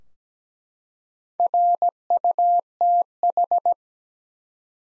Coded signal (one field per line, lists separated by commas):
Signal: Morse code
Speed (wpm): 17 wpm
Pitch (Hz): 700 Hz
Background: none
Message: RUTH